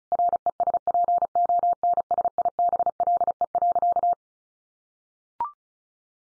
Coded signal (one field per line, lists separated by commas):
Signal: Morse code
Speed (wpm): 34 wpm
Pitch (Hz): 700 Hz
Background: none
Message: RESPONSIBLE.